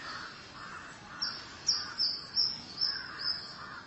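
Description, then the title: Oriental magpie-robin song, heard as a quick string of six short, high, thin notes at a steady pace, with a soft hiss behind. Chirping song (kicauan) of the bird. "Suara Kicauan Burung Kacer Durasi Panjang"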